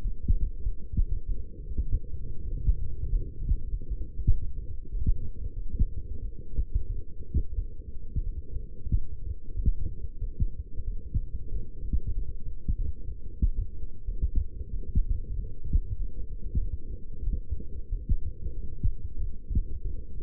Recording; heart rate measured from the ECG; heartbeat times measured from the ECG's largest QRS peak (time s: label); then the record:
heart sounds by stethoscope; 94 bpm
0.02 s: heartbeat
0.64 s: heartbeat
1.27 s: heartbeat
1.88 s: heartbeat
2.49 s: heartbeat
3.09 s: heartbeat
3.69 s: heartbeat
4.25 s: heartbeat
4.90 s: heartbeat
5.54 s: heartbeat
6.20 s: heartbeat
6.87 s: heartbeat
7.56 s: heartbeat
8.24 s: heartbeat
8.90 s: heartbeat
9.55 s: heartbeat
10.19 s: heartbeat
10.85 s: heartbeat
11.50 s: heartbeat
12.14 s: heartbeat
12.77 s: heartbeat
13.40 s: heartbeat
14.06 s: heartbeat
14.71 s: heartbeat
15.35 s: heartbeat
15.97 s: heartbeat
16.60 s: heartbeat
17.24 s: heartbeat
17.90 s: heartbeat
18.54 s: heartbeat
19.18 s: heartbeat
19.83 s: heartbeat
From the record:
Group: healthy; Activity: light exercise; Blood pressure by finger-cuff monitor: 128/70 mmHg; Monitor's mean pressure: 86 mmHg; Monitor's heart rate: 94 bpm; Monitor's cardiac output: 8.4 L/min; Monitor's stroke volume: 90 mL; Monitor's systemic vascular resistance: 740 dyn s/cm5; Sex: female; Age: 22 years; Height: 171 cm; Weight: 65.6 kg